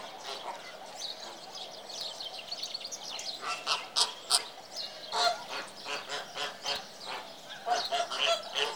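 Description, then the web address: Flamingos honking in a dense flock, nasal goose-like calls overlapping rapidly, several per second, growing busier after the first few seconds. "The BBC Sound Effects Library. Flamingoes"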